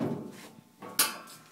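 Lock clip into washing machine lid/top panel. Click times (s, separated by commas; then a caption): 1.0 s. A lock clip on the second side of a washing machine's lid switch assembly is pushed forward by hand into the lid/top panel. After some quiet low handling noise, a sharp, bright snap is heard at 1.0 s as the clip locks into place, and it is seated.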